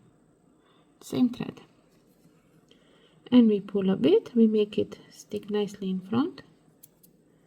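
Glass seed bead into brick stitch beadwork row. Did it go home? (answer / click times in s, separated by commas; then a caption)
yes / 6.8 s. A golden glass seed bead is taken under the same thread as the red one in a row of brick stitch beadwork, and the thread is pulled so the bead sits nicely in front. Someone talks through most of the clip. A small, sharp click at 6.8 s marks the bead seating into place, followed by a faint tick at 7.0 s.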